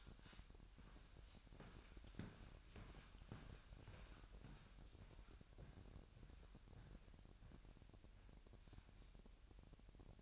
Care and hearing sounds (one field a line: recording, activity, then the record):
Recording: daily activity, microphone in the room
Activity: walk to room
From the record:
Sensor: 2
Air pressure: 1012.1 hPa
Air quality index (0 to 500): 150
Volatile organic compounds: 2 ppm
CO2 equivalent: 1083 ppm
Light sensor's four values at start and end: 85/202/83/82 and 86/205/84/83